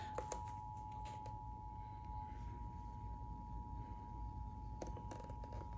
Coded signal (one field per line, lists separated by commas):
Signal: Emergency Alert System (SAME) tones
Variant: 853 and 960 Hz attention tone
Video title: SVR Madness 2 (EAS Alerts from 9/4/22) (EAS #462-476) (Monsoon EAS #178-192)